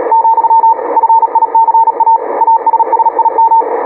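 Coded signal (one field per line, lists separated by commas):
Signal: Morse code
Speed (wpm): 40 wpm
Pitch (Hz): 900 Hz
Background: radio noise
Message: , FICA ASSIM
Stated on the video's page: CW contact between two stations testing high-speed (QRQ) sending with a keyboard.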